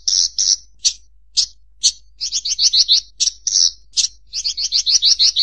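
Bird giving loud high chirps, some spaced out and others in quick series.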